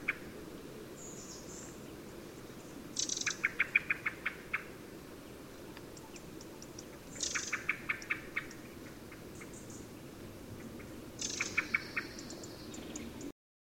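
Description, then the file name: Common blackbird uttering three bursts of quick, sharp clicking notes, with thin high-pitched notes in the background. "Turdus merula"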